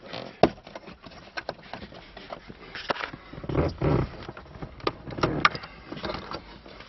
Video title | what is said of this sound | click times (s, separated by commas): Honda Civic HB FK2 Klima ve Radyo-CD çalar ekran t | gibi tık diye tırnağı attı zaten iki tırnak tutuyor tüm şeyi | 5.4 s